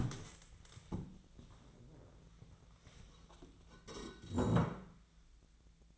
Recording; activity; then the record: daily activity, microphone in the room; stand up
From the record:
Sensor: 3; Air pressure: 1000.5 hPa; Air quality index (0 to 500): 172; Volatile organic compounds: 3 ppm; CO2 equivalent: 1491 ppm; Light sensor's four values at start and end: 14/31/13/14 and 13/31/13/14